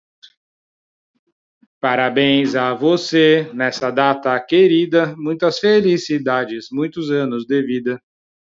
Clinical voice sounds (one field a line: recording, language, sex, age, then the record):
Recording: short text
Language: Brazilian Portuguese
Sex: male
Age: 40 to 49 years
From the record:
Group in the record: control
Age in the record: 41 years